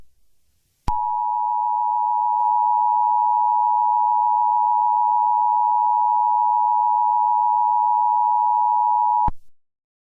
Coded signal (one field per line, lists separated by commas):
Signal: Emergency Alert System (SAME) tones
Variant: 853 and 960 Hz attention tone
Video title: EAS Mini Scenario - Crisis City